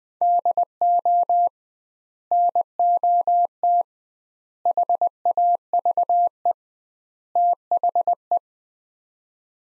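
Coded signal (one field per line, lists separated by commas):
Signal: Morse code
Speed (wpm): 20 wpm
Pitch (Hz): 700 Hz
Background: none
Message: DO NOT HAVE THE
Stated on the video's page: Head-copy drill of four-word sets at 20 wpm with 2x word spacing, a Farnsworth-like method; each set sent, spoken, then sent again.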